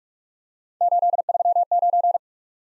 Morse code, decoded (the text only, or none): 839